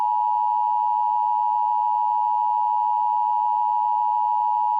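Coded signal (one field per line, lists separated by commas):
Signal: Emergency Alert System (SAME) tones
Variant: 853 and 960 Hz attention tone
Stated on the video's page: Blizzard warning received on radio station WJON.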